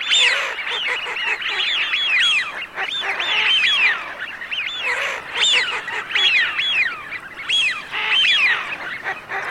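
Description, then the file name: Eurasian wigeon whistles, a dense chorus of arched, clear calls from several birds, bursts coming in quick waves with brief lulls. "FISCHIONE"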